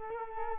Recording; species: mosquito wingbeat signal from an infrared sensor; Culex quinquefasciatus